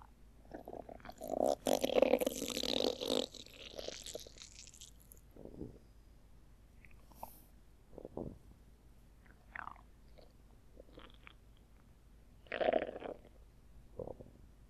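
A long, gurgling rumble over the first few seconds is followed by scattered shorter gurgles and squelches at irregular intervals. These are bowel sounds, the ordinary grumbling of gas and fluid moving through the stomach and intestines of an adult.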